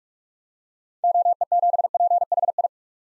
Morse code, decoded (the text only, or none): OE7PHI